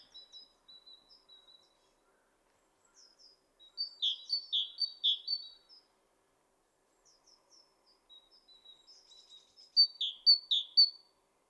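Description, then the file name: Great tit singing short runs of three or four high-low note pairs, with thin twittering notes filling the gaps between runs. "Parus major"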